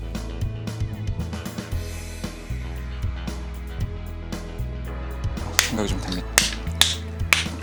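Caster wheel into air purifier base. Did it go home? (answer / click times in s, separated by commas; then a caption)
yes / 5.6 s, 6.4 s, 6.8 s, 7.3 s. Caster wheels are pressed into the base of a large IQAir HP250 air purifier so that it can roll. Over background music, four sharp, fast-decaying snaps are heard at 5.6, 6.4, 6.8 and 7.3 seconds as the wheels seat into the base.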